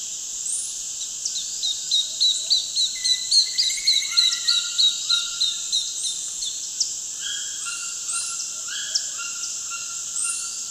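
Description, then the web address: Red-stained woodpecker calling, a long quick run of sharp high notes at about three per second, over a steady shrill insect chorus and scattered other bird calls. Call from the eastern lowlands of South America. "Natures Songs S America Eastern Lowlands. Veniliornis affinis, call"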